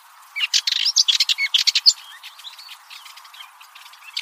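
Bird giving a rapid burst of high, sharp chirps and twitters for about one and a half seconds, then softer scattered chirps continuing to the end.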